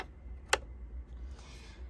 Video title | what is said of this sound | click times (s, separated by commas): Addi King Size Express Knitting Machine // Unboxing and setting up how To's. | in any fashion it clicks into place | 0.0 s, 0.5 s